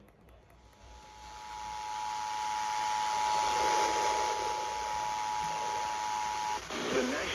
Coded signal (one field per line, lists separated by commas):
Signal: Emergency Alert System (SAME) tones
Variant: 853 and 960 Hz attention tone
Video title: Start Your Day with Floodz… EAS Alerts From July 24, 2023